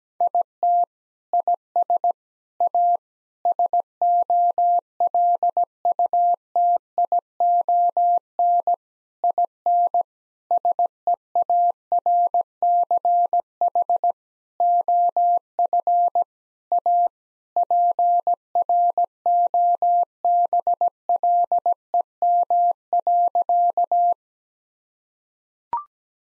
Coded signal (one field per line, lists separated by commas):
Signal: Morse code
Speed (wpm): 17 wpm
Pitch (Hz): 700 Hz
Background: none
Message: IT IS A SOLUTION IN SEARCH OF A PROBLEM.